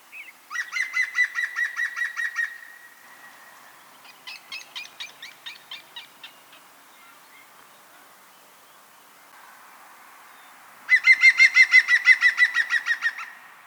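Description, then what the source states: European green woodpecker calls in loud laughing series of rapid, evenly spaced notes, a softer chattering run in between, then another strong ringing series near the end. Call and begging call.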